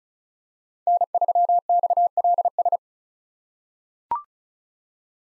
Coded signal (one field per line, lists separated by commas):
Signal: Morse code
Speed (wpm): 36 wpm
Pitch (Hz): 700 Hz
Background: none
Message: N3XLS